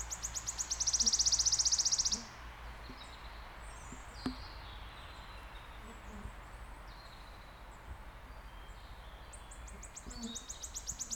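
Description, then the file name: Wood warbler song: a high, dry, shivering trill of fast repeated notes lasting about two seconds, then quieter bird notes and a faint trill near the end. Close up. "Swistunka z bliska"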